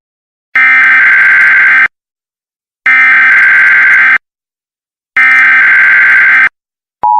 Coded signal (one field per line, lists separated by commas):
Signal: Emergency Alert System (SAME) tones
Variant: header bursts